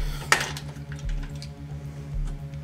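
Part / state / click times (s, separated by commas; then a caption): plastic push pin of a CPU cooler in a motherboard mounting hole / released / 0.3 s. An unlocked plastic push pin of a stock CPU cooler is pulled straight up out of its motherboard mounting hole. It releases with a sharp pop at 0.3 s over background music, followed by a few fainter ticks. The pin pops free, released.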